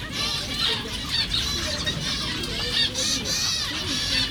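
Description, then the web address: Zebra finch calls: bright nasal beeps repeated in quick bursts over a constant chattering flock, with low background rumble. Recorded at Jászberény Zoo in 2015. "allathangok jaszberenyizoo 2015 professzionalis zebrapinty zebrapinty rizspinty"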